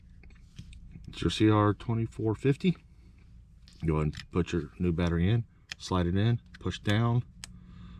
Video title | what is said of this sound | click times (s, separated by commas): How to replace a 2022 Ford Expedition 5 Button Smart Key Remote Battery | and you notice it doesn't latch on here | none